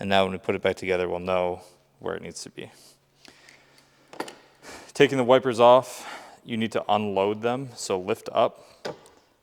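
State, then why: Released. Someone talks while a windshield wiper arm on an NC Miata is lifted up to unload it from its splined pivot post. At 8.9 s the arm pops off the pivot post with a sharp click, releasing it.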